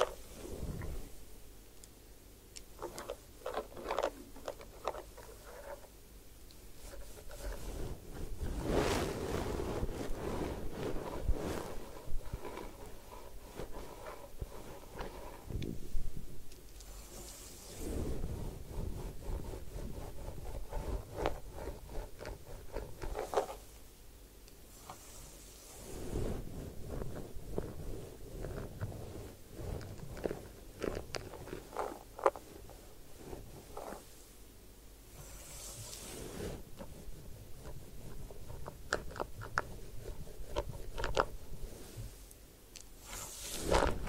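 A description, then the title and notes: A head spa session of hair washing and massage, heard as soft, dense rubbing, patting and scratching that keeps going with small bursts of activity. Louder swells of scrubbing come every few seconds, around 9, 17, 24 and 36 seconds, over a quiet low hum. Head Spa Hair Wash, Massage, Ear Cleaning.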